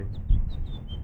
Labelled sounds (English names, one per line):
House Finch song